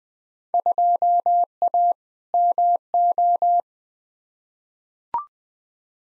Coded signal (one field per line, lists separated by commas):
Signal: Morse code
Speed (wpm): 20 wpm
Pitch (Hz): 700 Hz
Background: none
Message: 2A MO